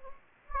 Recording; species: mosquito wingbeat signal from an infrared sensor; Anopheles gambiae